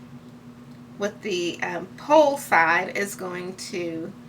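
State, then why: Not seated. A metal grommet is handled, pole side down, toward the die of a grommet setting machine while someone talks. Nothing has seated or clicked onto the die yet.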